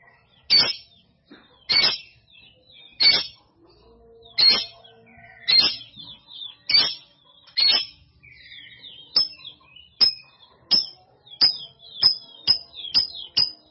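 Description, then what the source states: Canary song: loud sharp chip notes, spaced about a second apart and quickening toward the end, with soft high warbling between. Kenari Jawara canary; Indonesian master song used for training birds.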